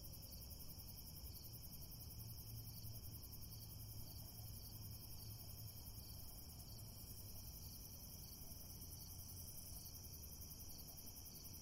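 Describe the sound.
Crickets chirping in a steady chorus, high pulsed trills running without pause over a constant low rumble.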